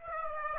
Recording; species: mosquito wingbeat signal from an infrared sensor; Aedes aegypti